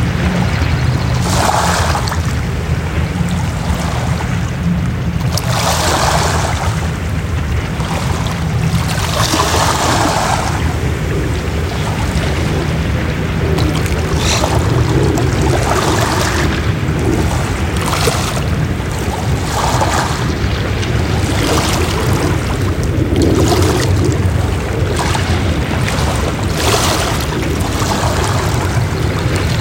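Waves roll in on a beach, a steady, dense wash of surf with a constant low rumble underneath. Brighter bursts of spray and splashing rise every few seconds, irregular but frequent. A faint engine-like drone, perhaps a boat, may sit in the background.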